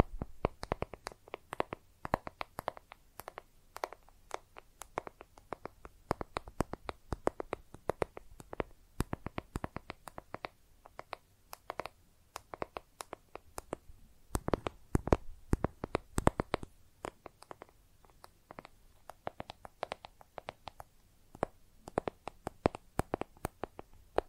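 Makeup items are tapped and scratched in a quick, irregular patter of sharp clicks that runs the whole time. The taps come several per second, crisp and bright, some louder than others, over a faint low hush between them.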